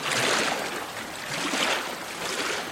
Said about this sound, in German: Er spürt die Strömung des Atlantiks, des Meers, der Finsternis, die ihn abtreibt und mit sich nehmen will. Mit aller Kraft paddelt er dagegen an. Und paddelt und paddelt.